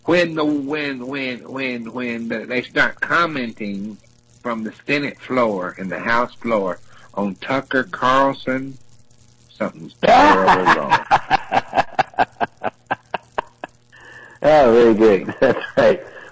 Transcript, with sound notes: When the, when, when, when, when they start commenting from the Senate floor and the House floor on Tucker Carlson, something’s terribly wrong.
[laughs] Ah, very good. That’s right.